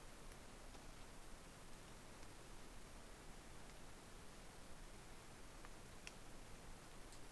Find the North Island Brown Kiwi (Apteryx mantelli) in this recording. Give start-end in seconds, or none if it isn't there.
none